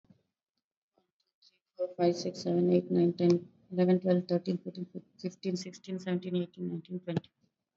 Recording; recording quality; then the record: counting at a fast pace; excellent, no background noise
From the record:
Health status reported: COVID-19 positive, mild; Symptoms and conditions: cough, sore throat, fever, fatigue, hypertension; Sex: female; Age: 47 years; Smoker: not ticked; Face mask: not worn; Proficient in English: yes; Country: India